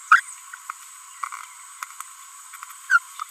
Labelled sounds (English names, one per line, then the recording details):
Green-rumped Parrotlet babbling
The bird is a female
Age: 30 days
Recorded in a nest box in Venezuela
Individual 17B42B3